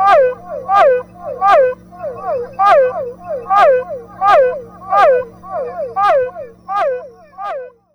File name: Physalaemus cuvieri